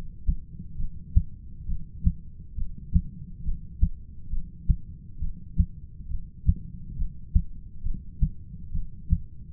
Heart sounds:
heart sounds by stethoscope; 68 bpm
0.78 s: heartbeat
1.67 s: heartbeat
2.56 s: heartbeat
3.44 s: heartbeat
4.31 s: heartbeat
5.20 s: heartbeat
6.09 s: heartbeat
6.97 s: heartbeat
7.84 s: heartbeat
8.73 s: heartbeat
From the record:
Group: heart failure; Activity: rest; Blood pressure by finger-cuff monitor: 117/83 mmHg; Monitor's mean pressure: 96 mmHg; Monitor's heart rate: 68 bpm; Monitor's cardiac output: 6.8 L/min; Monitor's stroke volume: 102 mL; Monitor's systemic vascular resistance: 1020 dyn s/cm5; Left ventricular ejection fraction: 25%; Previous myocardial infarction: absent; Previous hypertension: absent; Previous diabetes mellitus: absent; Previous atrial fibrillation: absent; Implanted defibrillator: absent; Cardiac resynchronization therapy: absent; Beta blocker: metoprolol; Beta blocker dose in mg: 62.5 twice daily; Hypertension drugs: ramipril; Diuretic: furosemide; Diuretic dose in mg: 40 twice daily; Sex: male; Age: 57 years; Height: 180 cm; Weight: 90.5 kg

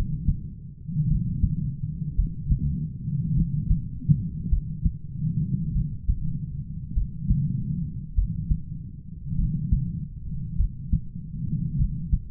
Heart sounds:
heart sounds by stethoscope; 51 bpm
1.06 s: heartbeat
2.14 s: heartbeat
3.33 s: heartbeat
4.48 s: heartbeat
5.71 s: heartbeat
6.92 s: heartbeat
8.13 s: heartbeat
9.35 s: heartbeat
10.55 s: heartbeat
11.75 s: heartbeat
From the record:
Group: heart failure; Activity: rest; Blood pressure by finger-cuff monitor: 79/47 mmHg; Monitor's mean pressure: 57 mmHg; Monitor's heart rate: 51 bpm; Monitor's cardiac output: 4.1 L/min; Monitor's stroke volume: 80 mL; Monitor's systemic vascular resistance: 1010 dyn s/cm5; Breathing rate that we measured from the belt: 29 breaths a minute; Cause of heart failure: dilated cardiomyopathy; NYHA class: 3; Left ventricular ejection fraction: 27%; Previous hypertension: present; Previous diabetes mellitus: present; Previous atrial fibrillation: present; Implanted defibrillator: present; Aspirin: present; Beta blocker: bisoprolol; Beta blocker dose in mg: 1.25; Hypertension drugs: sacubitril-valsartan, spironolactone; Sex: female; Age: 39 years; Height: 170 cm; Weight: 64 kg

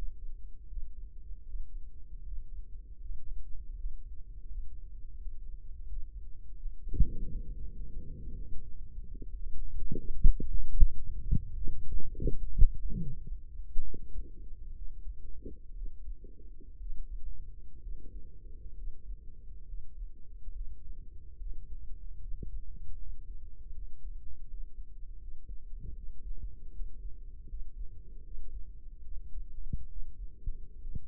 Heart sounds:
heart sounds by microphone in the right ear; 74 bpm
0.66 s: heartbeat
1.44 s: heartbeat
2.22 s: heartbeat
2.99 s: heartbeat
3.74 s: heartbeat
4.47 s: heartbeat
5.17 s: heartbeat
5.86 s: heartbeat
6.55 s: heartbeat
7.26 s: heartbeat
7.97 s: heartbeat
8.64 s: heartbeat
9.34 s: heartbeat
10.10 s: heartbeat
11.17 s: heartbeat
12.11 s: heartbeat
12.96 s: heartbeat
13.80 s: heartbeat
14.71 s: heartbeat
15.72 s: heartbeat
16.76 s: heartbeat
17.78 s: heartbeat
18.73 s: heartbeat
19.64 s: heartbeat
20.51 s: heartbeat
21.36 s: heartbeat
22.17 s: heartbeat
22.95 s: heartbeat
23.71 s: heartbeat
24.43 s: heartbeat
25.17 s: heartbeat
25.92 s: heartbeat
26.70 s: heartbeat
27.45 s: heartbeat
28.20 s: heartbeat
29.01 s: heartbeat
29.85 s: heartbeat
30.77 s: heartbeat
From the record:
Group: healthy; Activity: breath hold 0-7 s, rest 7-31 s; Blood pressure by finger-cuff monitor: 162/100 mmHg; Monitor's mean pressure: 122 mmHg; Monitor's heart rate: 77 bpm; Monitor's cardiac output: 5.5 L/min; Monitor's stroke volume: 72 mL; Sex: male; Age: 35 years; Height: 178 cm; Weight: 64 kg

